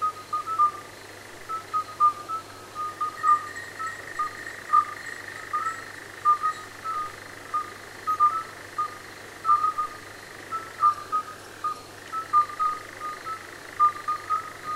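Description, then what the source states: Midwife toads calling: short, clear piping notes repeated in an overlapping chorus of several callers, with a steady high hum running underneath. Recorded at the Oka estuary, Urdaibai.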